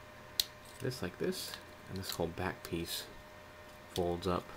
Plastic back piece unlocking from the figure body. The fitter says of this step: to take this piece and unlock